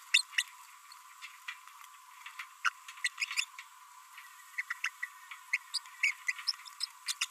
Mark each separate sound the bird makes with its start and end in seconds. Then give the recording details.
0.14-0.22, 2.65-2.69, 3.04-3.08, 3.18-3.44, 4.58-4.62, 4.70-4.73, 4.84-4.89, 5.03-5.06, 5.53-5.57, 5.74-5.78, 6.03-6.12, 6.28-6.32, 6.81-6.85, 7.07-7.13, 7.21-7.25. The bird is a female. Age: 28 days. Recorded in a nest box in Venezuela. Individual 17B42B2